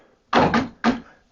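A rotating Fish Obsessed sonar mount holding a Livescope transducer on the shaft bracket of a Minn Kota Terrova trolling motor is turned from forward view to perspective view. After a broadband clattering burst starting around 0.3 s, two clicks are heard at 0.5 s and 0.8 s as the mount pops over. It locks into the new position.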